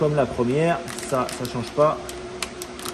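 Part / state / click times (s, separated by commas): RAM module into motherboard memory slot / seated / 2.4 s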